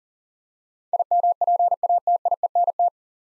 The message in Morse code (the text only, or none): IMPATIENT